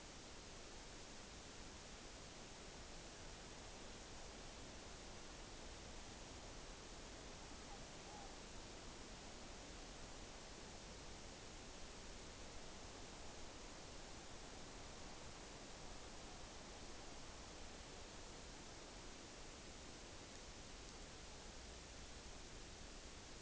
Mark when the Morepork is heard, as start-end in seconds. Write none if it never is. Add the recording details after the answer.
7.52-8.34, 15.73-16.53, 20.81-21.54. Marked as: faintness 5/5. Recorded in New Zealand on 9 October 2013. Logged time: 17:00. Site Ponui